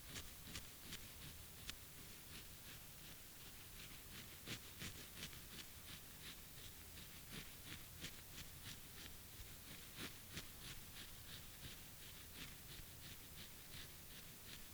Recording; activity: daily activity, guitar pickup as the sensor; brush teeth